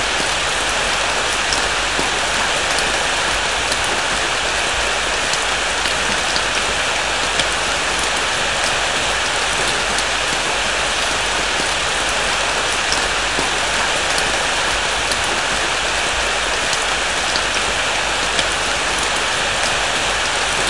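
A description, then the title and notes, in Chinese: A soft, steady summer drizzle falls without letup, a dense fine hiss that stays bright and even from start to finish. Scattered small drops tick faintly on surfaces every second or so, and a low, faint rumble sits beneath. 夏日绵绵细雨。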